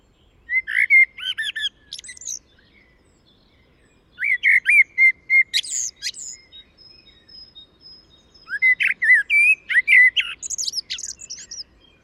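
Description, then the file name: Common blackbird delivering fluty, rich warbles that end in high chattering squeaks, three phrases in twelve seconds; a faint steady high tone runs between. "Turdus merula"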